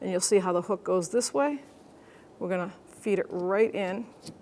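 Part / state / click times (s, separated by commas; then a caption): wiper blade onto windshield wiper arm hook / not seated / none. A new front wiper blade for a 2011-2020 Toyota Sienna is handled and fed onto the J-hook of the front wiper arm while someone talks, with a quiet pause in the middle. Nothing has seated or clicked yet.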